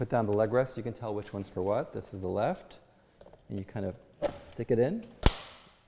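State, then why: Seated. Someone talks while the left swing-away leg rest is pushed onto its mount on the frame of a Featherchair 13.5 lb folding wheelchair. A single sharp click sounds at 5.3 s as the leg rest snaps into place and is seated.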